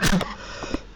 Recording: coughing mixed with background sound